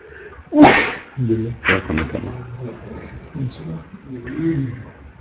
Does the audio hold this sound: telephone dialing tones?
no